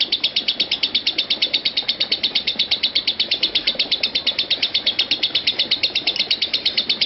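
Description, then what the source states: Lovebird calling in a very regular train of sharp, high chips, delivered several per second at an even pace throughout. Konslet song style.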